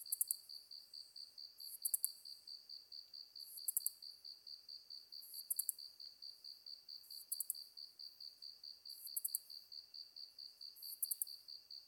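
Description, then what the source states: Ezo katydid repeating thin, buzzy bursts that end in quick ticks, at regular intervals, above another insect's unbroken fast pulsing trill. Recorded 23 August 2010 at 21:31.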